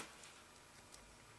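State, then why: Not seated. While reinstalling the starter on a 2002 Toyota Avalon, the plastic wiring connector is being handled and pushed toward the starter's side terminal socket. Steady low background noise is heard with one brief faint tick near 0.9 s, and nothing has seated or clicked yet.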